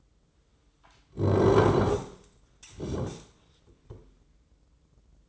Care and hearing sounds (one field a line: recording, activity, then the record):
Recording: daily activity, microphone in the room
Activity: sit down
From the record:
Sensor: 3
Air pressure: 996.0 hPa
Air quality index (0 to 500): 246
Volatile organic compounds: 1000 ppm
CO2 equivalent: 6308 ppm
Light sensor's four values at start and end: 37/89/39/42 and 40/96/42/45